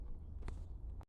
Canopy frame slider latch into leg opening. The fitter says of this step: then I lift up until it pops into place into the opening right here